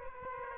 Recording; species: mosquito wingbeat signal from an infrared sensor; Aedes aegypti